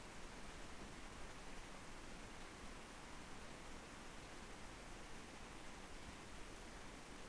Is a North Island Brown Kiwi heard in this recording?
no